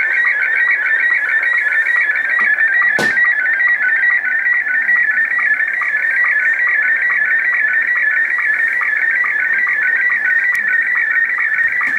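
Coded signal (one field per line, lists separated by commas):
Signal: SSTV (slow-scan television)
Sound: warbling, chirpy tone hopping rapidly in pitch, with steady rhythmic sync ticks throughout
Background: radio static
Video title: Wolverine radio pirate shortwave strong 6940 khz with SSTV image decode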